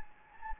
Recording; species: mosquito wingbeat signal from an infrared sensor; Anopheles gambiae